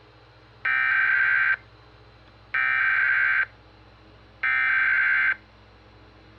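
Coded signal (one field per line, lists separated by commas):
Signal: Emergency Alert System (SAME) tones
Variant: header bursts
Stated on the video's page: Tones played from a VCR to self-activate a Uniden BC370CRS scanner.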